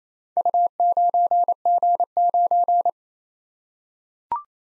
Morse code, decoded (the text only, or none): U9G9